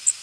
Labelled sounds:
Blackburnian Warbler (Setophaga fusca) flight call

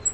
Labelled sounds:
Black-throated Green Warbler (Setophaga virens) flight call

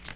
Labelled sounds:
Hooded Warbler (Setophaga citrina) flight call

